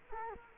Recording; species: mosquito wingbeat signal from an infrared sensor; Culex quinquefasciatus